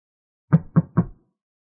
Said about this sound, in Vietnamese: Một tên gõ cửa và cánh cửa đã được mở ra.